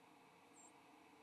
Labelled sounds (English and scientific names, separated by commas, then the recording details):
White-throated Sparrow (Zonotrichia albicollis) flight call
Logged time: 06:51 on 29 November 2014